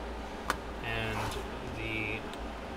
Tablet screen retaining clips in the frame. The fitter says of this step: and kind of go down you should hear some clicks